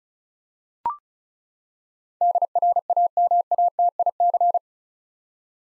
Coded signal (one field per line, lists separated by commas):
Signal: Morse code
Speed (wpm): 36 wpm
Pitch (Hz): 700 Hz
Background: none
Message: DRAMATIC